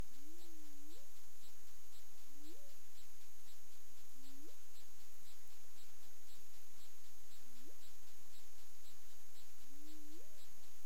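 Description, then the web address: Humpback whale rising calls, five upswept moans, some with a brief flat start before climbing, heard every couple of seconds against constant hiss and a high droning buzz. Recorded 20 February 2022 at 20:27 UTC. "CARIMAM. humpback whale"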